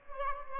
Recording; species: mosquito wingbeat signal from an infrared sensor; Aedes albopictus